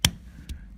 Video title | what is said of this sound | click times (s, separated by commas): Audi Q7 Brake Light Switch EPC Light Wont shift battery drain Cayenne VW touareg Volkswagon | And there you go, that's pushed all the way in. | 0.0 s